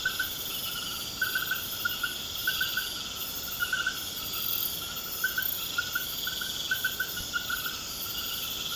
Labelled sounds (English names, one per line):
none